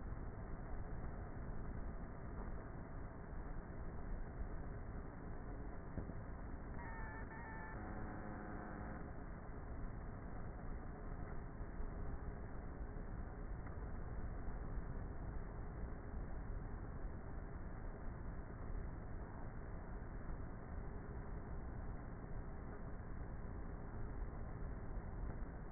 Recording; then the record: honeybee colony, microphone inside the hive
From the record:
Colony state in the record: queenless with a low population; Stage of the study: before two queens were removed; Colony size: about 30,000 bees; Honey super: no